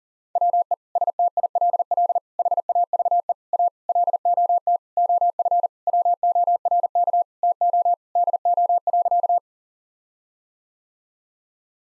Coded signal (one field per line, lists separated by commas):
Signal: Morse code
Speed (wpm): 40 wpm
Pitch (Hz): 700 Hz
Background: none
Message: WE STILL HAVE A LOT OF WORK TO DO.